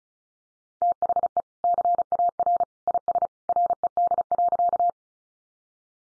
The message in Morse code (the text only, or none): THE CAR IS RED.